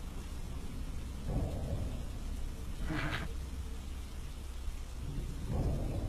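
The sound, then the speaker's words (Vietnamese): Steady rain hisses over a yard throughout while low rumbles of thunder swell and fade a few times, with a brief brighter crackle partway through. “Còn Mích từ ngoài sân mưa chạy sổ vào, toàn thân nó ướt sũng nước mưa.”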